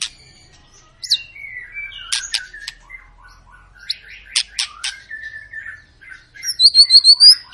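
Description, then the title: White-rumped shama sings sliding whistles and clicking chatter, ending with a fast series of high, sharp upslurred notes. Long lure recording of an active, persistently singing bird, meant to prompt other birds to sing. "Pancingan Murai Batu Gacor Panjang"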